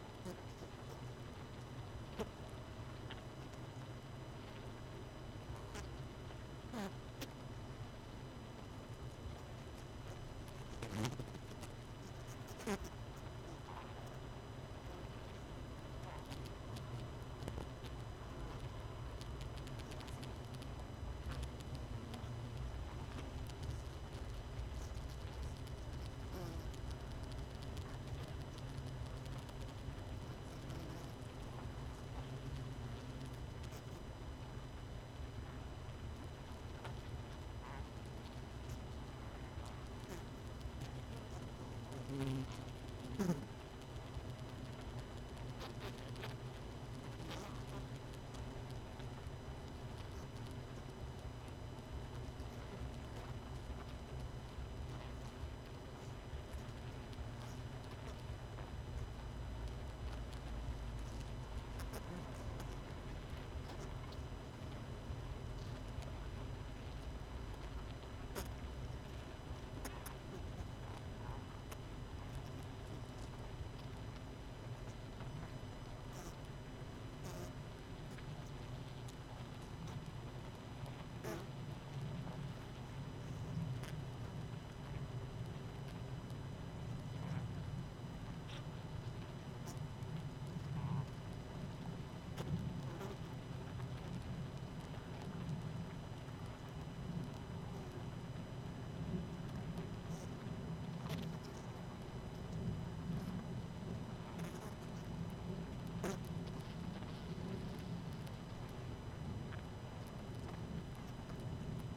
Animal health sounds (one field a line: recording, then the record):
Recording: honeybee colony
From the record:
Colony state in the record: missing queen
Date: 31 May 2018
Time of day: 19:54